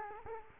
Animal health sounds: mosquito wingbeat signal from an infrared sensor; Culex quinquefasciatus

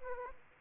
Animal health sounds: mosquito wingbeat signal from an infrared sensor; Aedes aegypti

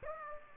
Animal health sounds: mosquito wingbeat signal from an infrared sensor; Aedes aegypti

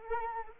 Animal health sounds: mosquito wingbeat signal from an infrared sensor; Anopheles arabiensis

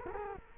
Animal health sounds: mosquito wingbeat signal from an infrared sensor; Culex quinquefasciatus

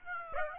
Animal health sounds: mosquito wingbeat signal from an infrared sensor; Aedes aegypti

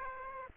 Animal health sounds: mosquito wingbeat signal from an infrared sensor; Aedes aegypti

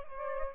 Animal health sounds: mosquito wingbeat signal from an infrared sensor; Aedes albopictus

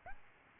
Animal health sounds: mosquito wingbeat signal from an infrared sensor; Aedes albopictus

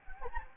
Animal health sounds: mosquito wingbeat signal from an infrared sensor; Anopheles gambiae

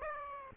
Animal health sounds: mosquito wingbeat signal from an infrared sensor; Aedes aegypti

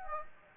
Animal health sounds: mosquito wingbeat signal from an infrared sensor; Anopheles gambiae

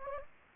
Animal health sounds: mosquito wingbeat signal from an infrared sensor; Anopheles gambiae

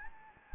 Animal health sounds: mosquito wingbeat signal from an infrared sensor; Anopheles gambiae

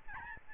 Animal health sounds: mosquito wingbeat signal from an infrared sensor; Aedes albopictus

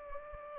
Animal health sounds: mosquito wingbeat signal from an infrared sensor; Anopheles gambiae

